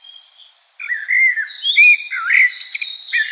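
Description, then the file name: Common blackbird song: a soft high twitter, then fluted, warbling phrases sliding between low and higher notes, with thin squeaky notes woven over the top. "Turdus merula"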